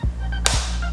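A plastic snap-on bottom shell is pressed onto the base of a MacBook M1 Pro (2021) laptop over a steady low hum, with one sharp, bright click at 0.5 s as one side snaps into place. The other side does not snap in, so the shell is only partly fitted.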